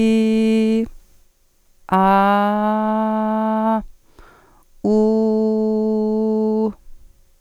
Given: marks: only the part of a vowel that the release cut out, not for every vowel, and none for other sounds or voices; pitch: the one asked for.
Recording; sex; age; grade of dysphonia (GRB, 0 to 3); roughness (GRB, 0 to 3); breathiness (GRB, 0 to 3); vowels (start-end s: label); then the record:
sustained vowels; female; 40 to 49 years; 0; 0; 0
0.00-0.81 s: vowel /i/, normal pitch
2.01-3.62 s: vowel /a/, normal pitch
4.97-6.60 s: vowel /u/, normal pitch
From the record:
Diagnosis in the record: dysphonia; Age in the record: 47 years